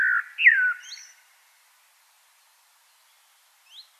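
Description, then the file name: Common blackbird song: one short mellow whistled phrase sliding down, then silence and a single thin high note near the end. "Turdus merula"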